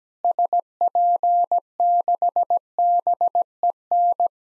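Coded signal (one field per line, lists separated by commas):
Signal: Morse code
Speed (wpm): 17 wpm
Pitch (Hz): 700 Hz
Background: none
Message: SP6BEN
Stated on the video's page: Worked All Europe DX Contest QTC exchange practice at 17 wpm, with simulated repeat requests.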